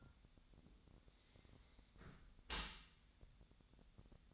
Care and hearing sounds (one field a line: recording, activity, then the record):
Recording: daily activity, microphone in the room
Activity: close dishwasher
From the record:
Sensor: 3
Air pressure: 1006.6 hPa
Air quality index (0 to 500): 209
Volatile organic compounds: 19 ppm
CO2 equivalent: 2666 ppm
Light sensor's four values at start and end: 10/25/10/10 and 10/25/10/10